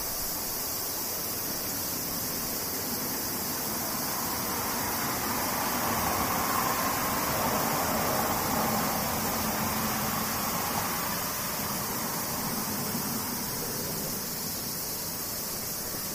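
Cicadas drone in a dense, unbroken, bright hiss, with a low rushing hum underneath that swells slightly between six and eleven seconds.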